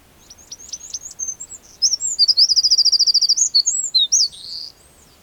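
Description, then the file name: Eurasian wren singing a shrill, hurried phrase of thin downslurred notes leading into a rapid even trill and closing with sharp, twittering notes. "Troglodytes troglodytes"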